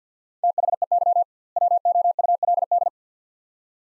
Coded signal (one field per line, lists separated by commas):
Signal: Morse code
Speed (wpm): 50 wpm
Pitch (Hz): 700 Hz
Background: none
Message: THEY WOULD